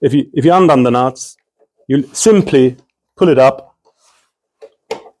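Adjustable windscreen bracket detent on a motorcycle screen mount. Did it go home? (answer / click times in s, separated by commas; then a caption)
yes / 4.9 s. Someone talks while the windscreen on a Honda NC750X adjustable windshield kit, with its nuts undone, is pulled upward on its adjustable metal bracket. The bracket clicks into its first height detent at 4.9 s with a short, sharp snap, seating the screen in position.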